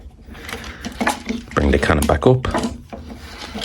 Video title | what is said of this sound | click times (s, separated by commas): Legacy armada universe Megatron | squeeze them back together with a nice satisfying click. | 1.1 s